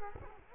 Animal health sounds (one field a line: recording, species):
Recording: mosquito wingbeat signal from an infrared sensor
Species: Culex quinquefasciatus